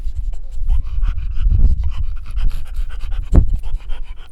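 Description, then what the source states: Dog panting: fast, steady, breathy huffs throughout, with a sharper snort-like breath near the end. The dog is described as tired.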